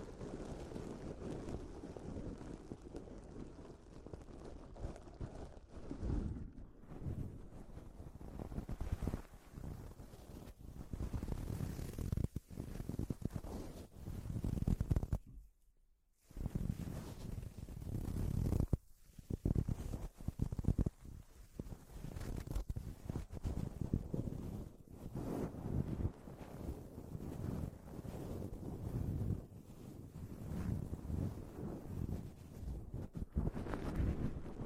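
A microphone is slowly grabbed and handled, producing a continuous low rumbling rustle with frequent bumps and scrapes throughout. The handling noise swells and fades unevenly, with a sharper thump just before the midpoint followed by a brief near-silent gap, then resumes.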